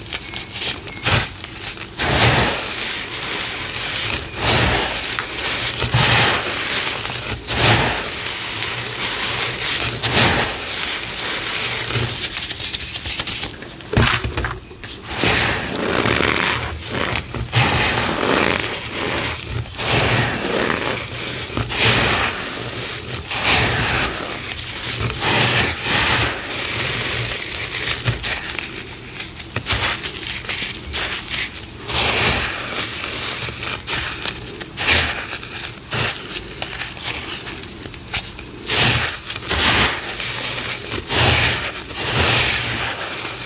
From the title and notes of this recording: Making Citric Acid Dyed Chalk & Cornstarch Crunchies. Pouring, powder play, cornstarch squeaks, citric acid sizzles, and more enticing asmr sounds.